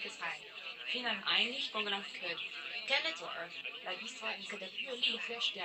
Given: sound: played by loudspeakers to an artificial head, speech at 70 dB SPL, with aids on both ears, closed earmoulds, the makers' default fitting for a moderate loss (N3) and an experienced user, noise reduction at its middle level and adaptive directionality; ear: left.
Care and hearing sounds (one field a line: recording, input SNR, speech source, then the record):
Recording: speech test signal (ISTS) in cocktail-party noise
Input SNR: +9 dB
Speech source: on the right (90 degrees)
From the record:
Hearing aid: class 1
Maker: I